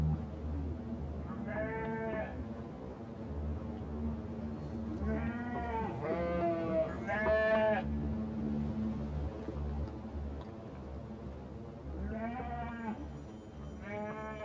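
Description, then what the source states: Sheep bleats in bursts: one near two seconds, a quick run of several around five to eight seconds, then more near the end, with a low droning hum beneath. Sheep sounds used in a composition, Galerie Bernd Klüser, 1986.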